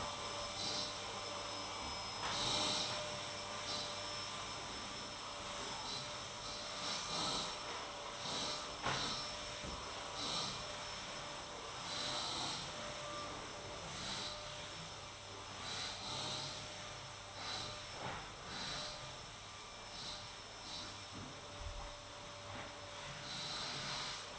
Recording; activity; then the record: daily activity, microphone in the room; vacuum cleaning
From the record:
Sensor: 3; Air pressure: 988.7 hPa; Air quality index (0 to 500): 201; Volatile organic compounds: 372 ppm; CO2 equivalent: 4624 ppm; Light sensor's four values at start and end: 22/71/30/25 and 22/71/30/25